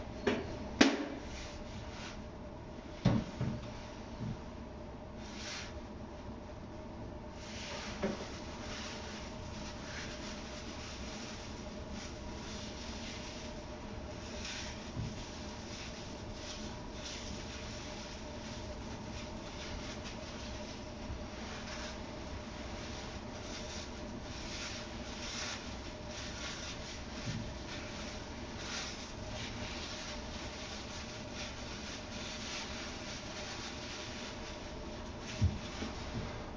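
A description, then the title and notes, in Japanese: Kitchen noises while sake lees paste is being mixed for pickling. A low, steady rubbing and squishing runs throughout, with a faint constant hum beneath. A few sharp knocks stand out near the start, around three and eight seconds, and again near the end. キッチンでの物音。粕漬けを作るための粕床を作っています。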